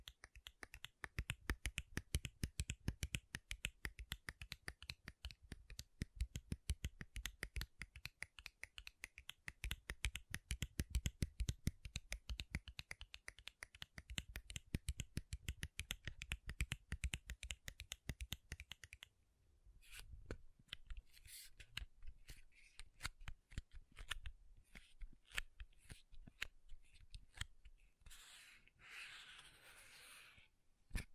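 Makeup tapping and scratching: fast, dense taps and scratches run almost continuously for the first nineteen seconds. After a brief pause, the sounds become sparser and quieter, with irregular clicks and a short brighter scratching burst near the end.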